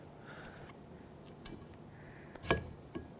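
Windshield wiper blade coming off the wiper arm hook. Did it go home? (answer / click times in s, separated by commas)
released / 2.5 s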